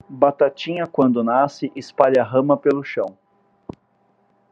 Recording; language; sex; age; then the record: short text; Brazilian Portuguese; male; 40 to 49 years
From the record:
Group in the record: control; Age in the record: 44 years